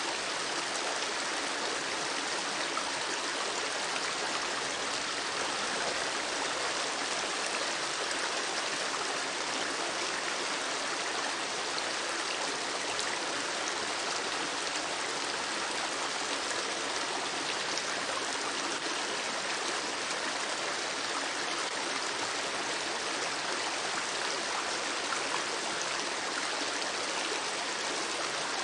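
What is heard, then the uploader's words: Water rushes steadily throughout, a dense, unbroken hiss like a fast stream or small waterfall. The sound is bright and full, weighted toward the upper range with little low rumble, and stays even in level from start to finish without distinct splashes or breaks. Soothing Water Sounds.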